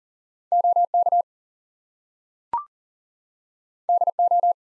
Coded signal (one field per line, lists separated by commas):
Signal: Morse code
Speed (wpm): 38 wpm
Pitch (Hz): 700 Hz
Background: none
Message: OK DO